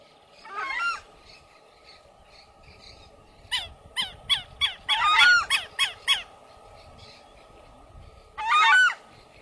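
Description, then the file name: Southern screamer honking: a loud call, then a quick series of short honks, then another loud call, with a steady hum behind. "canto da anhuma poca"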